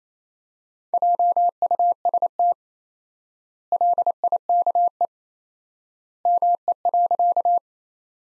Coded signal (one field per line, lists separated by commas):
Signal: Morse code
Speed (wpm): 28 wpm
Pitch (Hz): 700 Hz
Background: none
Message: JUST LIKE ME.